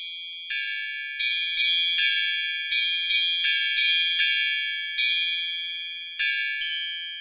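small bell ringing

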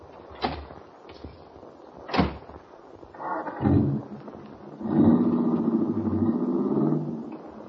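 car doors closing

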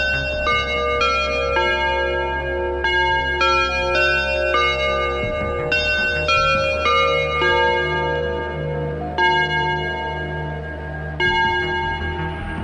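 alarm clock ringing

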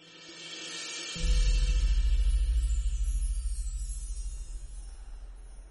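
train arriving and stopping

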